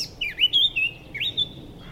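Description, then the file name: Eurasian blackcap giving a short run of clear whistled notes with rising and falling slurs, ending on a drawn-out fainter tone. "Sylvia atricapilla"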